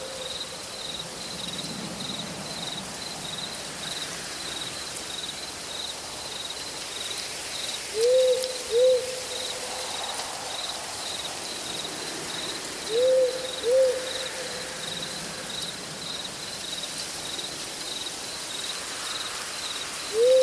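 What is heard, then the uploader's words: Night forest with owls hooting in pairs of short, low calls, around 8 and 13 seconds and again at the very end. A steady, high cricket trill runs throughout over a soft hiss like light rain or wind in the branches. Relaxing and soothing sounds of the forest at night. Sounds of Nature: wind in branches, crickets, owls, light rain, rustling leaves and more.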